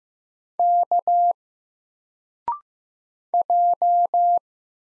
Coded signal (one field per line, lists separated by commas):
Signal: Morse code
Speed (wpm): 15 wpm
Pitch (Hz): 700 Hz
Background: none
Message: K J